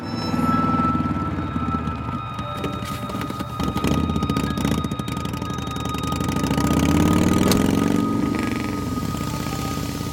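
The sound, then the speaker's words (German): A motorcycle engine runs steadily in traffic, a continuous loud rumble with its pitch rising and falling as the revs climb briefly toward the end; no one speaks. “Und was ist mit dem Motorrad?”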